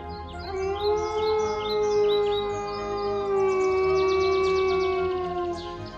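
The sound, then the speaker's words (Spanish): A long, deep wolf howl holds a steady low pitch, rising slightly then sinking, with higher wavering howls and chirpy bird-like calls layered above. No one speaks. “Entonces se puso a dar saltos de alegría e inició un profundo aullido.”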